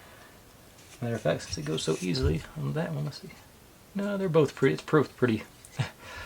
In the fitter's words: loosey-goosey on either one of them, so just leave it there.